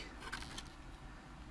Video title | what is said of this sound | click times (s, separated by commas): Transformers Legacy United Leader Class TIGERHAWK Video Review | and that will lock into place kind of sort of | 0.6 s